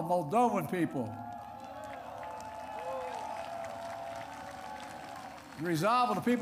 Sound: applause